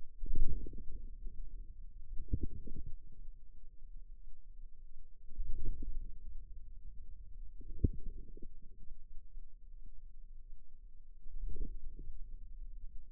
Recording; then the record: forearm muscle sounds (acoustic myography)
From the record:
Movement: inward rotation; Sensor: system 2, bracelet of six BSWA MPA416 microphones around the upper forearm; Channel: 1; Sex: female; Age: 23 years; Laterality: right